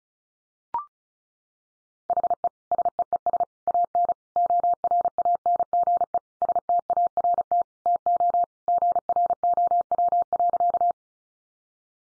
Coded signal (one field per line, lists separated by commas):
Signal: Morse code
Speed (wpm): 34 wpm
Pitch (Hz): 700 Hz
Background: none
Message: HE SEES AN ORANGE START TO GROW.